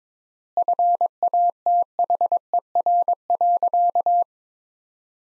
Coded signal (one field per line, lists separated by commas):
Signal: Morse code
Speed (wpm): 22 wpm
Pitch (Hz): 700 Hz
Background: none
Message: FATHER.